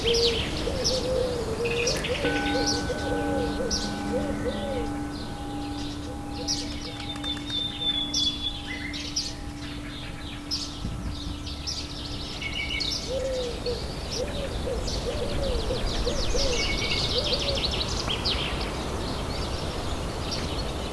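Nature sounds with birds: constant bright chirps and tweets fill the whole clip, with soft wavering cooing calls near the start and again around 13 to 17 seconds. A long low held note sounds from about 2 to 13 seconds, then fades away.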